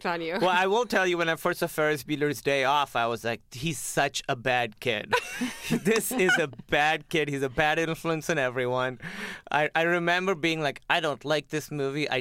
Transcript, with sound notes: Well, I will tell you, when I first saw "Ferris Bueller's Day Off," I was like, he's such a bad kid.
(LAUGHTER)
This is a bad kid. He's a bad influence on everyone. I remember being like, I don't like this movie.